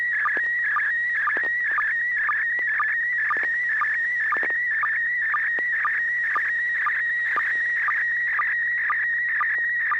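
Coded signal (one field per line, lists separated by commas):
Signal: SSTV (slow-scan television)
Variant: PD-120 mode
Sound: warbling whistle around 2 kHz with short low chirps twice a second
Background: steady low hum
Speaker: are you ready to send a picture let me check for tone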